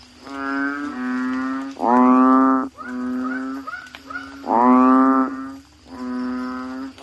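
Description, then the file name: Asian common toad calling with deep, nasal, mooing notes that alternate among several animals, each note lasting close to a second with short gaps. "suara kodok bangkong"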